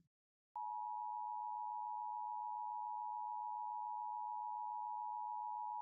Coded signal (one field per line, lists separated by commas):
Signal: Emergency Alert System (SAME) tones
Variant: 853 and 960 Hz attention tone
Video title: LIVE AM/MW DX: DX Central Live - S. 4, Ep. 6 | Friday, February 16, 2024